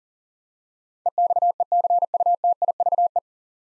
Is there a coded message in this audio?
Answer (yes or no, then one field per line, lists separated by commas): yes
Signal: Morse code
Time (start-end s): 1.1-3.2 s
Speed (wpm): 40 wpm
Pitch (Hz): 700 Hz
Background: none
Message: EXECUTIVE